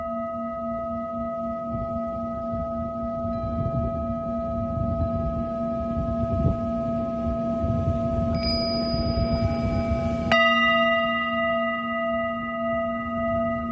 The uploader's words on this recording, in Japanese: メキシコから シンギングボウルのサウンドヒーリング ライブ。